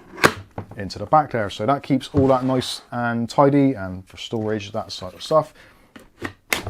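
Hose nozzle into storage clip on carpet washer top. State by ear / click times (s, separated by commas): seated / 6.5 s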